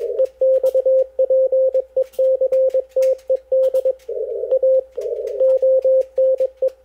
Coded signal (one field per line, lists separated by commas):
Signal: Morse code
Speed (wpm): 21 wpm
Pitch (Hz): 520 Hz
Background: none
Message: EXPECTED A ONE